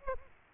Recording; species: mosquito wingbeat signal from an infrared sensor; Aedes aegypti